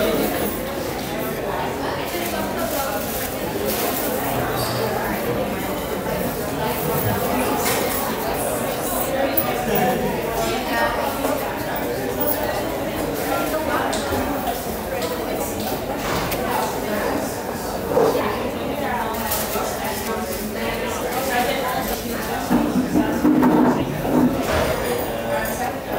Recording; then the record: background sound without coughing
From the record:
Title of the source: 40 min - Ambience sounds UNIVERSITY lunchroom chatting